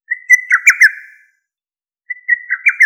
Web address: Lesser cuckoo